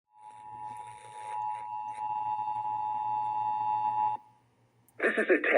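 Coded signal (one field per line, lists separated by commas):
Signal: Emergency Alert System (SAME) tones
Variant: 853 and 960 Hz attention tone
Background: speech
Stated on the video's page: Emergency Alert System tones from Texas' required monthly test, aired on local radio and TV stations.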